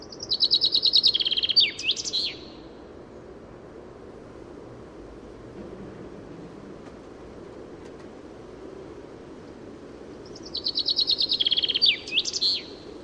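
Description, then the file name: Common chaffinch song given twice, about ten seconds apart, each a rapid cascade of bright notes ending in a twisting flourish, with quiet background hiss between. "Fringilla coelebs"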